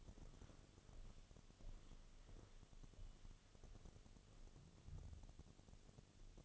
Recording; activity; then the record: daily activity, microphone in the room; walk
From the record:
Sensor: 4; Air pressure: 1016.2 hPa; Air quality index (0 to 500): 162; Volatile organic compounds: 6 ppm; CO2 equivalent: 1848 ppm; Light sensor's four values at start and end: 8/17/7/6 and 8/18/7/6